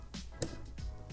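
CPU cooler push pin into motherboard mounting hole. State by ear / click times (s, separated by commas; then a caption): seated / 0.4 s. A plastic push pin on a stock CPU cooler is pressed down into a motherboard mounting hole, working in a crisscross pattern. A sharp snap at 0.4 s marks the pin seating, with softer handling sounds around it. Someone talks in the background.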